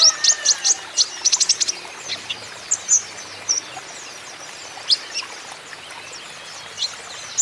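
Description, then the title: Van Hasselt's sunbird song: very high, thin chips and short trills in irregular bursts, with a quick flurry of sharp notes early, then scattered single tweets over a faint hiss. Green-plumaged (ijoan) bird singing actively (gacor); song used as a lure and therapy to prompt caged Van Hasselt's sunbirds to sing in reply. "KOLIBRI NINJA KONIN IJOAN GACOR COCOK UNTUK PANCINGAN TERAPI KONIN BAHAN PASTI NYAUT"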